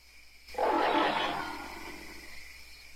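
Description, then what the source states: Ape gives a single harsh, rough roar that swells abruptly and then fades out over a second or so, over faint hiss. Angry apes; long sequence of screaming and growling.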